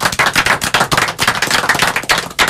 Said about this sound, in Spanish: Para él también voy a pedir un fuertísimo aplauso.